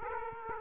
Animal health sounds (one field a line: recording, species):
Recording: mosquito wingbeat signal from an infrared sensor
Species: Aedes aegypti